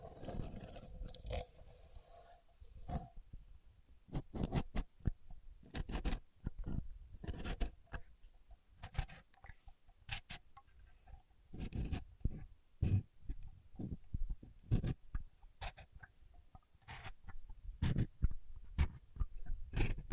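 A contour gauge being pressed and shifted, its pins giving rapid irregular clicks and rattles in bursts throughout, with a faint tone early on.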